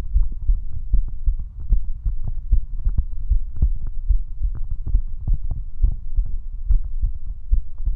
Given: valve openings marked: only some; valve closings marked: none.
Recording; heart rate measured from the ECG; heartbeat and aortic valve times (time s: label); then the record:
heart sounds by stethoscope; 73 bpm
0.18 s: heartbeat (ECG mark)
0.21 s: aortic valve opens (echo mark)
0.96 s: heartbeat (ECG mark)
1.75 s: heartbeat (ECG mark)
2.55 s: heartbeat (ECG mark)
2.58 s: aortic valve opens (echo mark)
3.33 s: heartbeat (ECG mark)
4.12 s: heartbeat (ECG mark)
4.15 s: aortic valve opens (echo mark)
4.97 s: heartbeat (ECG mark)
4.99 s: aortic valve opens (echo mark)
5.86 s: heartbeat (ECG mark)
5.89 s: aortic valve opens (echo mark)
6.72 s: heartbeat (ECG mark)
7.55 s: heartbeat (ECG mark)
7.57 s: aortic valve opens (echo mark)
From the record:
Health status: healthy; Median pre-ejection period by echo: 25 ms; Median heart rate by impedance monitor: 73 bpm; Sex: male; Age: 19 years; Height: 179 cm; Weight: 78 kg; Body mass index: 24.34